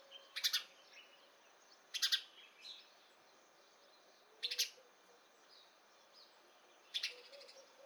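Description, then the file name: House sparrow repeating a harsh chirp about every two seconds, four calls in all, with quiet background birdsong between them. "Passer domesticus"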